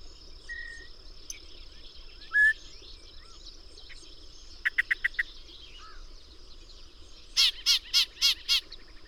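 Bird calls: scattered whistles, a brisk burst of short notes, then five loud, harsh notes spaced evenly near the end, with a faint high hum.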